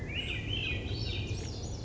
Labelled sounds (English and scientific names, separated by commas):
Swainson's Thrush (Catharus ustulatus)